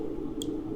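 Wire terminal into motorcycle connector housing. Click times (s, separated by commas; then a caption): 0.4 s. A directional wire terminal, lined up the right way, is pushed into a plastic motorcycle connector housing. A short, sharp click sounds at 0.4 s over a steady low hum, and the terminal is seated.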